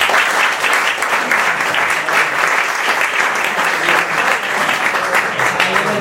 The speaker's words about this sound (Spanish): Un aplauso para él, ¿no?